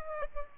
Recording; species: mosquito wingbeat signal from an infrared sensor; Aedes aegypti